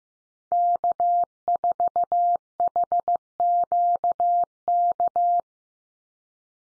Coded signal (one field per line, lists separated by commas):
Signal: Morse code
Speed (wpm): 15 wpm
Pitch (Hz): 700 Hz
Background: none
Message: K4HQK